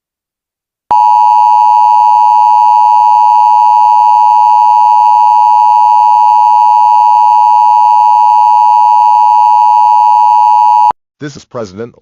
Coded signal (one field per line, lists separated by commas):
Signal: Emergency Alert System (SAME) tones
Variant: 853 and 960 Hz attention tone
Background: speech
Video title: eas scenario the megaquake